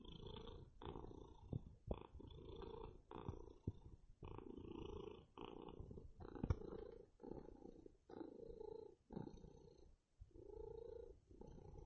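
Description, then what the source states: Cat purr, deep rhythmic rumbling that alternates with inhale and exhale roughly every second, with brief quieter breaks between phases. Tomcat named Blacky, purring.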